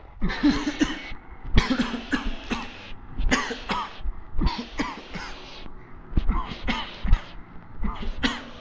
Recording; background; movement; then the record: voluntary coughing; traffic; walking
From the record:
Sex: male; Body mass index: 21.0 kg/m2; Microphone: on the chest, facing the body